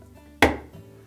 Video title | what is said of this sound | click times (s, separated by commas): Whirlpool Refrigerator Repair - How to Replace the Thermistor (Whirlpool # WPW10384183) | And just give it a push until we hear it snap. | 0.4 s